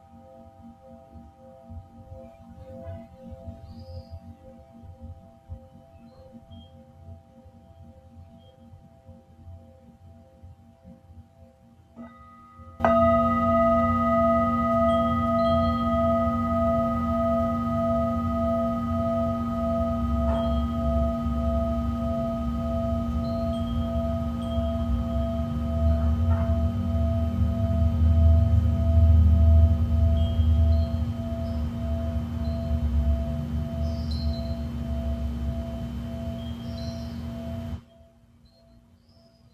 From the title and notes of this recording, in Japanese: シンギングボウルのサウンドヒーリング。チベタンシンギングボウル。